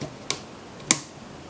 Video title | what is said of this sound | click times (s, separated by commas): How to make a tripod table lamp | there we go one click | 0.9 s